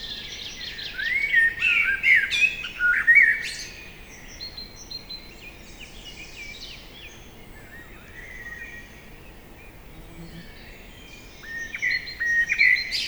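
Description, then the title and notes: Common blackbird song, fluty warbled phrases near the start and again at the end, with a quiet pause between. Common blackbird singing trilling song from a tree beside Lac de Barterand lake, Magnieu, France, during the evening chorus; Sennheiser MKH8040 stereo ORTF microphones and Zoom F8 recorder. "Lac de Barterand - Magnieu, France - Chorus du soir. ce merle noir. son chant s'envole en trilles"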